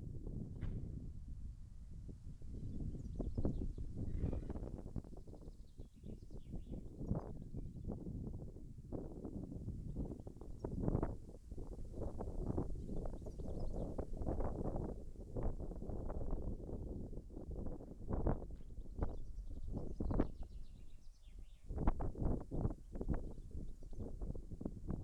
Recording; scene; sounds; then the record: everyday scene through a hearing-aid microphone; wind on the microphone; wind, birds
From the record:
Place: in front of a rural house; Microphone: behind the ear, left, front